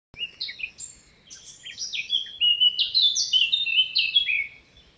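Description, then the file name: Eurasian blackcap song, one phrase opening with soft scratchy chatter and building into loud, pure, fluting whistles that step up and down. "Sylvia atricapilla"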